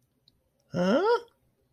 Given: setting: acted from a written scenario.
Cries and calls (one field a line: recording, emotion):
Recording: vocal sound without words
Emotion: confusion